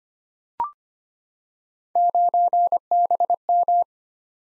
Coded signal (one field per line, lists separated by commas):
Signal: Morse code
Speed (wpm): 25 wpm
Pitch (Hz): 700 Hz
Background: none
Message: 9BM